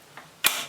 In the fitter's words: So this face locks into place, 4 magnets, so it clips back down,